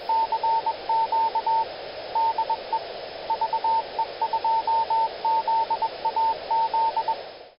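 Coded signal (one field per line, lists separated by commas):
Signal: Morse code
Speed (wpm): 21 wpm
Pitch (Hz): 900 Hz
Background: radio noise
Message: CQ DE VE2ZAZ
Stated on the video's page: Transmit path of a 10 GHz transverter board under first tests.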